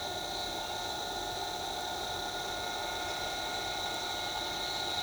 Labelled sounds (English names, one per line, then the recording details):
Crested Bobwhite
Olive-grey Saltator
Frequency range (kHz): Crested Bobwhite 1.8-4.7 kHz; Olive-grey Saltator 1.9-3.3 kHz
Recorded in shrubland near Pivijay, Magdalena, Colombia, on 14 April 2023 at 08:00
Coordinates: 10.453, -74.365
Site P5-G022